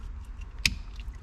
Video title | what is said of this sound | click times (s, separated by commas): NEW BLACK LINE TAILLIGHTS FOR MY E92!! | make sure it clicks in | 0.7 s